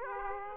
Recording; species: mosquito wingbeat signal from an infrared sensor; Aedes aegypti